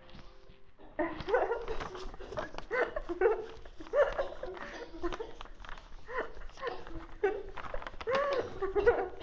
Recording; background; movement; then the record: laughter; a bystander coughing; walking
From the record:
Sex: female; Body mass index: 18.8 kg/m2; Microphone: on the chest, facing the body